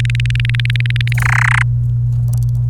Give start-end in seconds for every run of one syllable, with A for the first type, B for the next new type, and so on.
0.00-1.13 A, 1.18-1.62 B